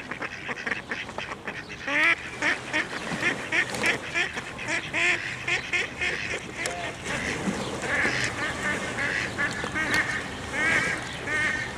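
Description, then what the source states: Duck calls, dense overlapping quacks and honking notes from many birds, a noisy chorus that continues to the end. Several ducks calling on Menorca.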